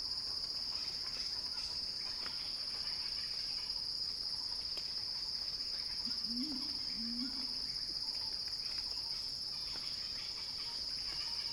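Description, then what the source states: Cicada song as a constant piercing high hum with a faint rapid pulsing layer above, and a brief low double call partway through. Cicadas heard in a crescendo.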